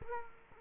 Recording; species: mosquito wingbeat signal from an infrared sensor; Culex quinquefasciatus